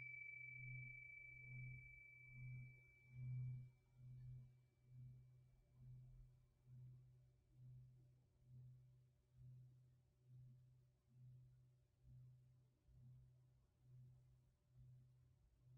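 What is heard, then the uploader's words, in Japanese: A singing bowl hums with a deep, steady tone that throbs in slow, regular waves, roughly one pulse per second, fading gently over the clip. A thin, bright ring sounds clearly at the start and dies away within the first few seconds. メキシコから シンギングボウルのサウンドヒーリング。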